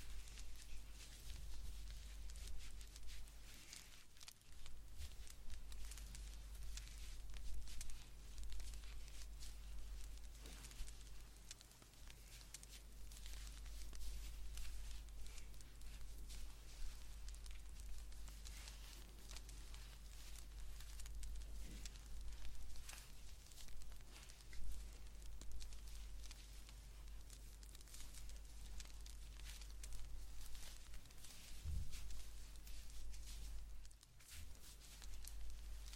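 Blanket knitting fills the clip with a dense, steady run of soft crackling clicks and rustles, bright and fine-grained, with slight swells and dips but no clear pauses. A low, constant hum sits underneath throughout, with a few brief thumps near 4, 22 and 32 seconds.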